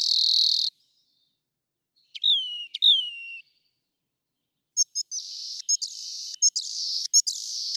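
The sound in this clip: Rock wren with a loud buzzy burst, two falling whistled notes, then a stretch of harsh rasping notes punctuated by sharp clicks.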